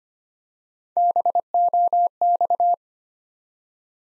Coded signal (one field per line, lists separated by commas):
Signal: Morse code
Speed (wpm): 25 wpm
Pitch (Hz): 700 Hz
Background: none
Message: BOX